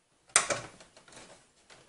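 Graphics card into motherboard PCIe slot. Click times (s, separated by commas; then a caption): 0.4 s. A PNY XLR8 GTX760 OC graphics card is pushed into the PCIe slot on a motherboard, giving a sharp click at 0.4 s followed by a second knock about 0.5 s and fainter scrapes and taps afterward. The card is not properly seated yet; it is only held in place so it does not fall out.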